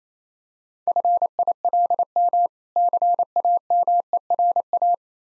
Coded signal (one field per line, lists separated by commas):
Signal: Morse code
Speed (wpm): 27 wpm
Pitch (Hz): 700 Hz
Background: none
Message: FILM CAMERA